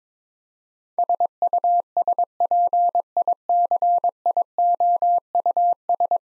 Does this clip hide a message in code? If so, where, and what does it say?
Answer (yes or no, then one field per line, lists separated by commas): yes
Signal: Morse code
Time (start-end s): 1.0-6.2 s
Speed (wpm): 21 wpm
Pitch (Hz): 700 Hz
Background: none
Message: SUSPICIOUS